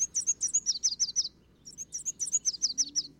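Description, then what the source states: Red Warbler song: two rapid runs of high, thin chipping notes, each lasting over a second, separated by a short pause, with faint low background noise. Sung on a clear morning; sings on sunny mornings in the February–May breeding season, not when cloudy; endemic to humid pine, oak and fir Mexican highland forests; about 5 inches long, non-migratory between states.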